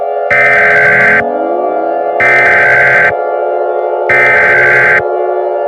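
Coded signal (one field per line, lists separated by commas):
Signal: Emergency Alert System (SAME) tones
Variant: header bursts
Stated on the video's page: Simulated EAS scenario with borrowed siren sounds.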